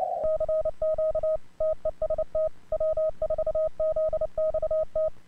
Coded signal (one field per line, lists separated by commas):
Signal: Morse code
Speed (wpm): 30 wpm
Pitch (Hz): 1260 Hz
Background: none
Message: CQ TEST W4ZXT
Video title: 2023 ARRL DX CONTEST #2